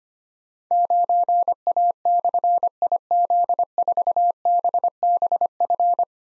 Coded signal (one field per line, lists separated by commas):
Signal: Morse code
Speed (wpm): 25 wpm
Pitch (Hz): 700 Hz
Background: none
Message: 9A/IZ4BBF